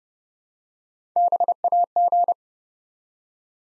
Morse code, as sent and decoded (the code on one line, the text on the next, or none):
-... .- --.
BAG